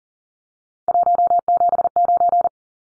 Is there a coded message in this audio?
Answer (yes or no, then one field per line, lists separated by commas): yes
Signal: Morse code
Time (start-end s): 0.9-2.5 s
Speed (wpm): 40 wpm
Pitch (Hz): 700 Hz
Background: none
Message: 179